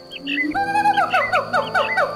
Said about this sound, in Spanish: El canto del cenzontle.